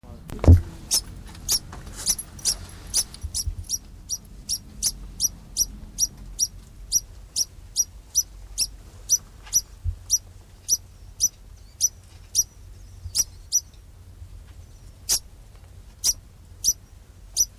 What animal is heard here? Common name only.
Degu